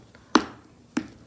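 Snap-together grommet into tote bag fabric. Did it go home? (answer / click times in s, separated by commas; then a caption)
yes / 0.3 s. The ridged back half of a one-inch plastic grommet is pressed onto the front half through the fabric of a tote bag, a join that sometimes has to be forced. A loud, sharp click at 0.4 s marks the halves snapping right into place, followed by a quieter second snap near 1.0 s. The grommet is seated.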